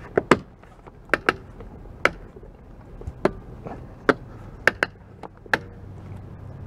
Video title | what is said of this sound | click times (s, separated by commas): [Tutorial- Honda SIde View Mirror Glass Removal and Installation | then take your palm and put pressure on all four corners until you hear a snap back in and | 0.3 s, 1.1 s, 1.3 s, 2.1 s, 4.7 s, 4.8 s